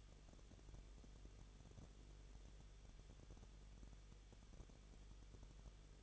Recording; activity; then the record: daily activity, microphone in the room; no activity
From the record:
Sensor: 4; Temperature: 23.0 degrees Celsius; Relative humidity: 34.3%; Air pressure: 1007.3 hPa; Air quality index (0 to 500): 217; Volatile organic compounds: 15 ppm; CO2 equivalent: 2515 ppm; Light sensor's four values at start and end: 2/3/1/1 and 2/3/1/1